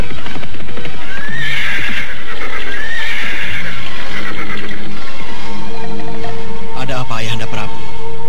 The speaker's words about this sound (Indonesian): Mengapa ayahanda menghentikan kuda?